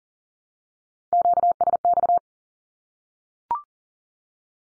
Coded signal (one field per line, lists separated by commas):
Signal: Morse code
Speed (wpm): 40 wpm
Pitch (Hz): 700 Hz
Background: none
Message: QSX